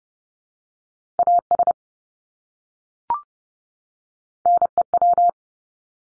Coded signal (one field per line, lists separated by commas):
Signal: Morse code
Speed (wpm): 30 wpm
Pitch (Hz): 700 Hz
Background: none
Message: AS NEW